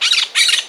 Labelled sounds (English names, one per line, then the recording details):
Brown-throated Parakeet contact call
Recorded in Margarita